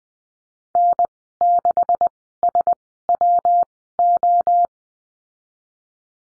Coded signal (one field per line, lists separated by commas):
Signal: Morse code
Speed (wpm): 20 wpm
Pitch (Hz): 700 Hz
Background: none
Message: N 6 S W O